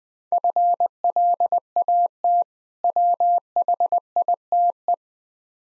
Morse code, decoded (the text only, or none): FLAT WHITE